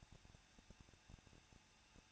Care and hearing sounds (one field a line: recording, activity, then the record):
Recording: daily activity, microphone in the room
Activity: no activity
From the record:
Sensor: 2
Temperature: 21.0 degrees Celsius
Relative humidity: 37.4%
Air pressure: 1006.2 hPa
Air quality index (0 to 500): 222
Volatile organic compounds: 24 ppm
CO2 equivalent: 2813 ppm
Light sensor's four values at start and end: 2/3/2/2 and 2/3/2/2